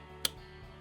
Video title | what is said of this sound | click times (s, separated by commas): How To Install S&S Cycles 1200cc Hooligan kit 883cc Harley-Davidson Sportsters - Part 2 - Assembly | it in the other side and then when you push on that clip you'll hear it click in a second BAM | 0.2 s